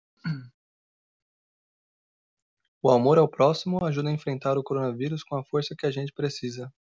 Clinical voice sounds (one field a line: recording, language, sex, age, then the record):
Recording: spoken sentence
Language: Brazilian Portuguese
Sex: male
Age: 20 to 29 years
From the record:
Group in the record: control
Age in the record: 28 years